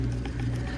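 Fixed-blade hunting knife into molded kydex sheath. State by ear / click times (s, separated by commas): seated / 0.2 s, 0.4 s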